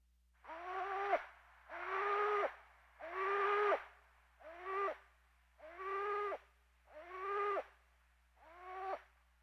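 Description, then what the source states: Pigeon calling: seven moaning, nasal cries repeated at a steady pace, each held briefly and rich in overtones, over a steady low hum. Female pigeon.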